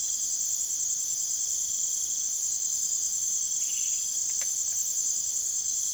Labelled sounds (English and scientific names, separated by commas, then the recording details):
none
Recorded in secondary vegetation near Puerto Asís, Putumayo, Colombia, on 24 June 2025 at 02:00
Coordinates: 0.489, -76.322
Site G021